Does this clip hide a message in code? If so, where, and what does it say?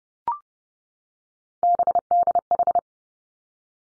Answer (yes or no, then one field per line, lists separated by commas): yes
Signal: Morse code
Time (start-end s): 1.6-2.8 s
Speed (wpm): 30 wpm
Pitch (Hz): 700 Hz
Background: none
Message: BDH